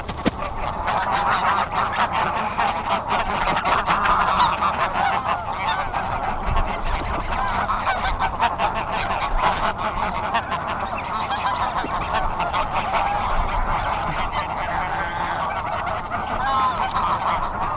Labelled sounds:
Greylag Goose (Anser anser) call
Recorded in the wild
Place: Trent, Insel Rügen, Mecklenburg-Vorpommern, DE
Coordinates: 54.511, 13.314
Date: 1975-09-03 12:17
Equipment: Nagra III BH, Sennheiser MD 21
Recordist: Schubert, Michael

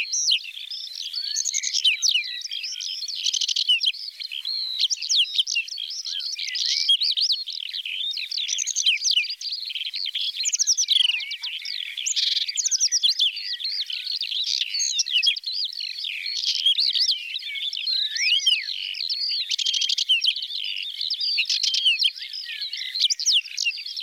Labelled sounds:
Whinchat (Saxicola rubetra) song
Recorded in the wild
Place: Waltershofen / Freiburg im Breisgau, Baden-Württemberg, DE
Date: 1977-05-20
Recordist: Schwarz, Dieter

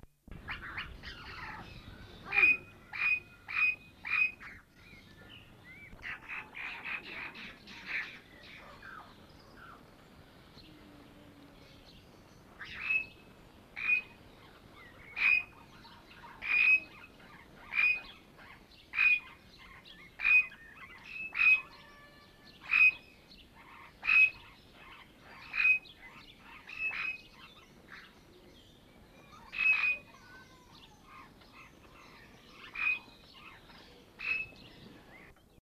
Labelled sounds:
Princess Parrot (Polytelis alexandrae) call
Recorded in captivity
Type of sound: call
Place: Zoo Augsburg, Bayern, DE
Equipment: Halbspur, 9,5 cm/s
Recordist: Lütgens, Hans
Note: Rufe einer Gruppe

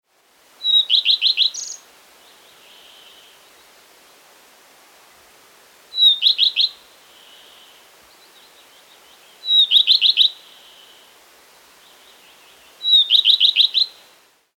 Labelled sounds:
Common Redstart (Phoenicurus phoenicurus)
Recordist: Frommolt, Karl-Heinz
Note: Gesang

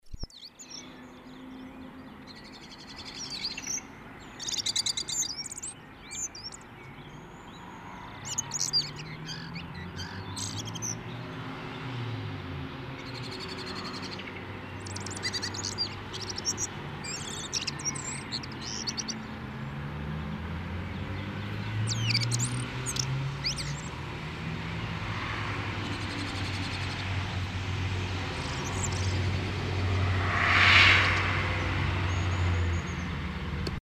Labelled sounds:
Common Blackbird (Turdus merula) song, Eurasian Bullfinch (Pyrrhula pyrrhula), European Crested Tit (Lophophanes cristatus)
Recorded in the wild
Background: Pyrrhula pyrrhula, Lophophanes cristatus
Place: Kaiserslautern, Rheinland-Pfalz, DE
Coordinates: 49.4247, 7.77889
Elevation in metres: 279
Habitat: garden
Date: 1977-04-16
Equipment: Nagra IV, Sennheiser MKH 405, Parabolreflektor
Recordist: Tretzel, Erwin
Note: aggressiver Gesang

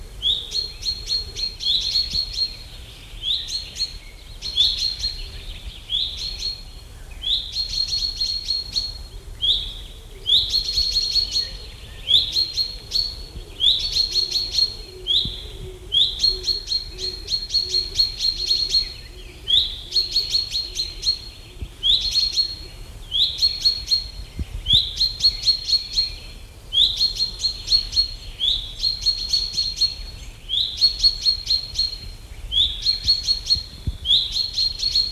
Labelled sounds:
Common Chaffinch (Fringilla coelebs) call
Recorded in the wild
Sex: group
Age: adult
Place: Feldberg - Koldenhof, Mecklenburgische Seenplatte, Mecklenburg, DE
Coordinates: 53.3294, 13.3136
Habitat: high beech forest
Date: 1976-07-03
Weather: 24°C
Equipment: Uher CR 210, Sennheiser MD 421 HL, Verstärker, Reflektor, Kopie Uher 4200
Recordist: Tembrock, Günter

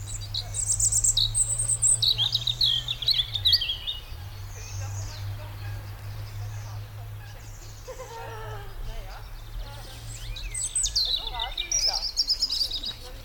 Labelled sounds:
European Robin (Erithacus rubecula)
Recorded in the wild
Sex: male
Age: adult
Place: Rheinsberg, Brandenburg, DE
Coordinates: 53.1, 12.9
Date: 1995-04-14
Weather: heiter, 10°C
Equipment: Marantz CP 430, Sennheiser ME 80, Kopie Uher 4000 Report Monitor
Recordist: Tembrock, Günter

